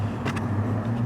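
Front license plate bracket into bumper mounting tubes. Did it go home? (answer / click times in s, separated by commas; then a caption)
no / none. A front license plate bracket for a 2020-2026 Porsche Taycan is handled as it is slid into the bumper mounting tubes after its pull pin is pulled. A steady low hum runs throughout, with two short bursts of broadband handling noise around 0.3 s and 0.4 s. Nothing has seated or clicked yet.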